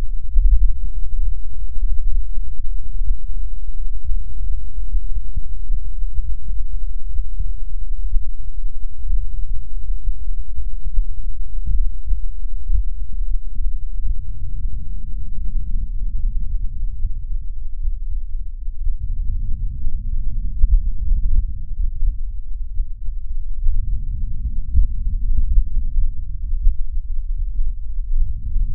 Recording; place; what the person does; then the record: lung sounds by stethoscope; left posterior apical chest; quiet breathing, then deep breathing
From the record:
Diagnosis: none (healthy); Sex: male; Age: 30 years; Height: 190 cm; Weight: 88 kg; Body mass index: 24.4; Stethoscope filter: bell mode